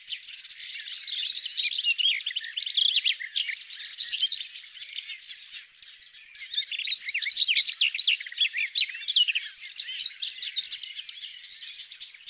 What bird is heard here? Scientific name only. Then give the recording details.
Saxicola rubicola. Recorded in the wild. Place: Wasenweiler am Kaiserstuhl, Baden-Württemberg, DE. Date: 1997-06-07. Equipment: Dat-Recorder Casio DA 7, Telinga DAT, Telinga-Parabolspiegel. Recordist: Schwarz, Dieter